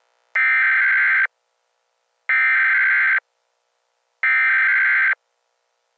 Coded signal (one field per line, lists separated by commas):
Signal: Emergency Alert System (SAME) tones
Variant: header bursts